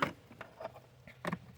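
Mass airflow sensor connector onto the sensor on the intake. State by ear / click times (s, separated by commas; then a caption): not seated / none. A plastic electrical connector for the mass airflow sensor on a Nissan intake is handled near the sensor, producing faint ticks and plastic taps, with small sharp peaks near 0.0 s and 1.3 s. The clip ends before the connector is pushed home, so nothing has seated or clicked yet.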